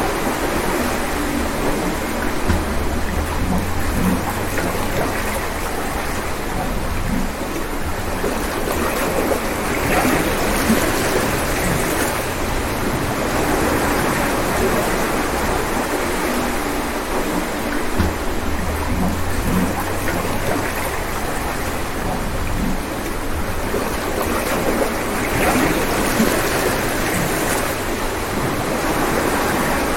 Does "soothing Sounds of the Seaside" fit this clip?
yes